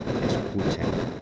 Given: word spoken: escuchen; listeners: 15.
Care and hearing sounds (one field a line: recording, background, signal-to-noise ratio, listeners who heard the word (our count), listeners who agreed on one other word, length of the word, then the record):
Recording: one Spanish word in noise, from a listening test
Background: noise modulated by three-talker babble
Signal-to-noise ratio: -7.0 dB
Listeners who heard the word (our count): 2 of 15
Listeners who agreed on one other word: 11 of 15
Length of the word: 0.82 s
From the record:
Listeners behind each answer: 11, 2, 1, 1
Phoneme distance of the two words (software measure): 17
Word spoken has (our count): 3 syllables, 7 phonemes, stress on syllable 2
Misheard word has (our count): 3 syllables, 6 phonemes, stress on syllable 2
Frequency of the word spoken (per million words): 1.59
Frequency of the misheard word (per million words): 25.95